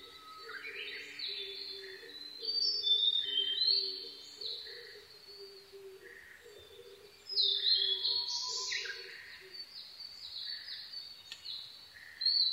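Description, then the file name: Blue-and-white flycatcher song: several high whistled phrases, with low repeated notes beneath. Recorded 22 May 2011 at 04:34. "ooruri-20110522-0434"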